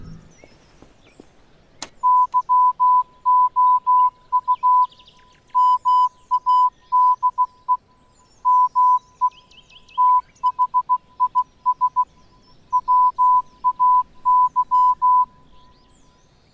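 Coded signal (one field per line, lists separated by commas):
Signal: Morse code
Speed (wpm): 16 wpm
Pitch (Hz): 1000 Hz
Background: none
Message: YOU MADE ME THIS WAY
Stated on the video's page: Morse from an alternate reality game in Garry's Mod.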